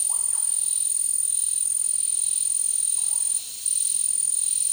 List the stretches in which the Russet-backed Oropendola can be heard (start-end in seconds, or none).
0.00-0.61, 2.91-3.21